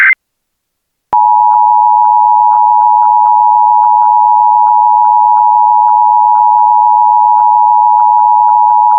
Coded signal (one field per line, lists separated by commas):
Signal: Emergency Alert System (SAME) tones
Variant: 853 and 960 Hz attention tone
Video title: EAS | Dangerous Interstate AMBER Alert after Suspect Made Credible Threats to Abducted Child